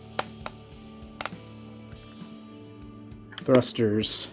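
Plastic parts of a Transformers War for Cybertron: Siege Jetfire/Skyfire robot/jet figure click sharply into their body pegs or joints as the figure is transformed, with crisp clicks at 0.2, 0.5, 1.2 and 1.3 s over a faint steady tonal background. Near the end someone talks. The parts seat firmly into place.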